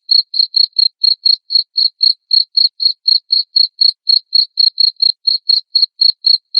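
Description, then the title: Cricket chirping: clean, high, short chirps repeated about four times a second in a steady run, with silence between them. Loud chirping cricket sound, played to make lovebirds keep singing in their ngekek style. "Suara JANGKRIK NGERIK Keras Bikin LOVEBIRD Jadi NGEKEK Terus Vubey"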